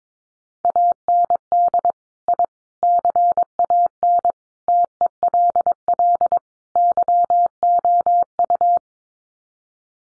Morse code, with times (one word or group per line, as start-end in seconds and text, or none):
0.6-1.9 AND
2.3-2.4 I
2.8-4.3 CAN
4.7-6.4 TELL
6.8-8.8 YOU